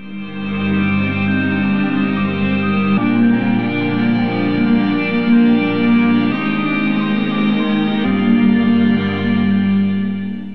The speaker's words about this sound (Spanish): Es casi una nana, un mantra, con esas voces en reverb evocadoras, como llegando del fondo de nuestra cabeza en un sueño.